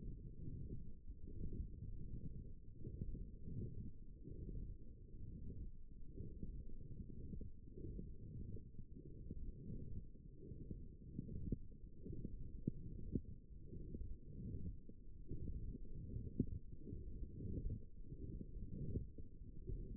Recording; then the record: forearm muscle sounds (acoustic myography)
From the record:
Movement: forearm supination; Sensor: system 1, eight BSWA MPA416 microphones around the upper forearm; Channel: 2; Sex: female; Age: 20 years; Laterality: right